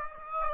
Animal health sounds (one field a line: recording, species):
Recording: mosquito wingbeat signal from an infrared sensor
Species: Aedes aegypti